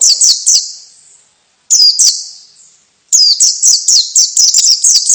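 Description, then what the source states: White-eye calling in loud, high, sharp chirps: three quick notes, two more after a pause, then a fast run of about eight. Female bird.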